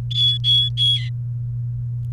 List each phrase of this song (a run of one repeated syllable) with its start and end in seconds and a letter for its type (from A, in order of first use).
0.11-1.09 A